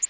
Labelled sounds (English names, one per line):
Orange-crowned Warbler flight call